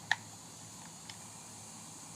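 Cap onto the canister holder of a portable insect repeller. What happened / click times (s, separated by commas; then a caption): Plastic cap snaps into place / 0.1 s. A plastic cap is put back on over the fuel canister, which has already been slid in and locked in place, on a ThermaCell portable insect repeller. A sharp click at 0.1 s marks the cap snapping into place, followed by a faint tick at 1.1 s against low background hiss. The cap is seated.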